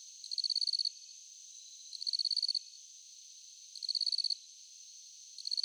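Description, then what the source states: Cricket chirps arriving as quick pulsed trills roughly every two seconds, layered over a continuous high insect chorus. Crickets at night.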